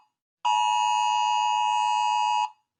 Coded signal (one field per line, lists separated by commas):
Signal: Emergency Alert System (SAME) tones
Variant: 853 and 960 Hz attention tone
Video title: Rating EAS alarms from your country’s ￼